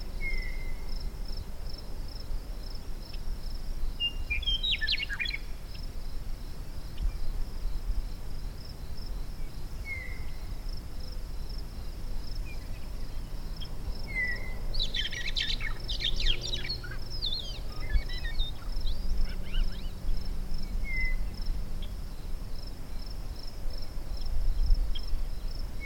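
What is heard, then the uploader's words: A Meadowlark duo sings in sagebrush steppe over a steady low rumble of noise pollution. An insect drone holds a continuous high buzz throughout. Brief bright song bursts come near 5 seconds and cluster around 15 to 17 seconds, with short whistled notes scattered between. Noise pollution in an isolated sagebrush steppe at 700m., w/ Meadowlark Duo. The density as a background soundscape is about what it is like if you're biking the Oregon outback on asphalt.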